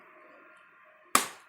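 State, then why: Seated. On an Acer Swift 3 SF316-51 laptop, the bottom cover is held from below while the palmrest/keyboard deck is pressed down by palm, driving the metal ball on the latch pin into its socket in the chassis. After a quiet background hum, a single sharp knock rings out at 1.2 s and decays quickly. The ball latch snaps into its socket and locks.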